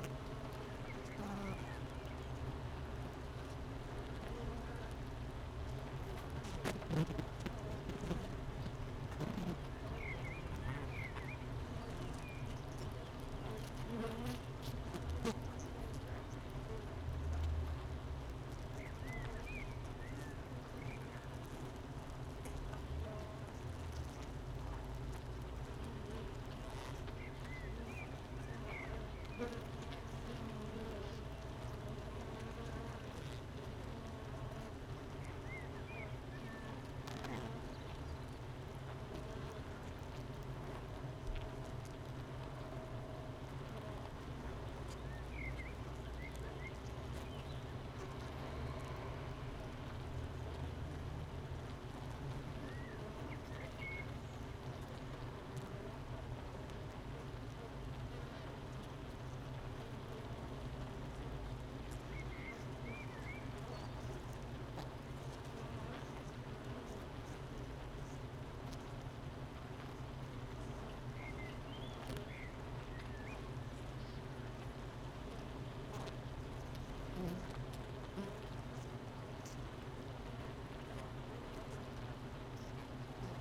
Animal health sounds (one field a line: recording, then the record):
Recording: honeybee colony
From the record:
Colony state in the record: missing queen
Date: 31 May 2018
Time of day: 9:06